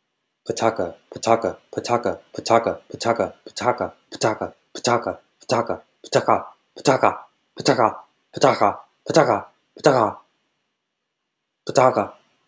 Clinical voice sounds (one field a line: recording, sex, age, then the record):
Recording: repeated syllables /pa ta ka/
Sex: male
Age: 40 to 49 years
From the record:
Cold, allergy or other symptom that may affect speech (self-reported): no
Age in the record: 42 years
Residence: California, United States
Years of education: 16